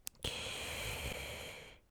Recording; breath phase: one breath near a microphone; inhalation